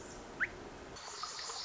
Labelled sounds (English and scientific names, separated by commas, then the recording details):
Pacific Wren (Troglodytes pacificus)
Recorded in Sonoma County, California